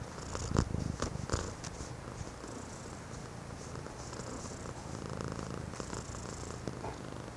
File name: Purr 1